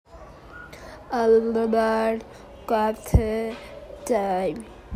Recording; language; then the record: elicited speech; Bengali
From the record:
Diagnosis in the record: Broca's or global aphasia after a stroke